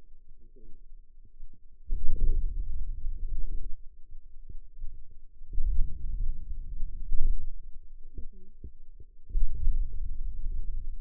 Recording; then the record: forearm muscle sounds (acoustic myography)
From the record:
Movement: hand opening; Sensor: system 2, bracelet of six BSWA MPA416 microphones around the upper forearm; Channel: 6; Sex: female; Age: 21 years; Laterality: right